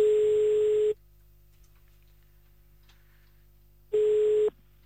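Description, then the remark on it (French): A steady mid-pitched telephone ringback tone, heard while calling a woman back, sounds twice, each burst about a second long, separated by roughly three seconds of near silence, with a faint hiss on the line. “Bon, on va la rappeler encore un petit coup quand même.”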